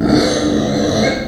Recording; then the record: squeal of a Yucatan mini pig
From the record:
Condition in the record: before surgery on the right vocal fold (resection and tissue-engineered implant); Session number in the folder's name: 3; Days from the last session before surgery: 0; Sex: female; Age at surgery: 19 weeks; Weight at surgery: 25 kg